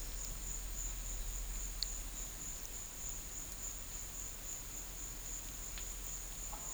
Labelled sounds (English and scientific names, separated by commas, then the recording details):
none
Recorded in pastures near Puerto Asís, Putumayo, Colombia, on 21 December 2024 at 13:00
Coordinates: 0.472, -76.329
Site G072